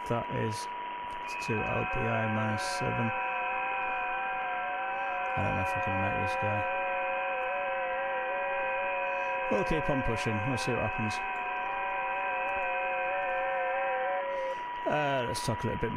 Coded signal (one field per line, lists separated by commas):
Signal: FT8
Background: speech